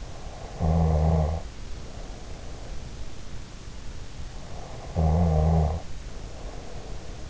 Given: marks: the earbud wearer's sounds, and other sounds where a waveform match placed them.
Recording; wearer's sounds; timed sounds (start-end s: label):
sounds in sleep by an in-ear microphone; snoring breath
0.36-2.85 s: snoring breath
4.72-7.30 s: snoring breath